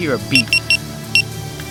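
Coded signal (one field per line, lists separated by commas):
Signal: none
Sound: car lock beeps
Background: speech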